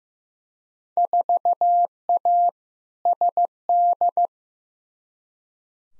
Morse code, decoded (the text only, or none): 4A SD